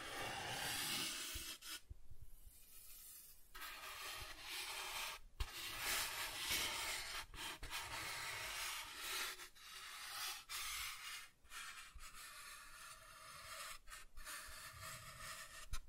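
Soft tracing over smooth and rough surfaces makes a steady bright rubbing hiss, broken by brief pauses around two, five, nine and eleven seconds.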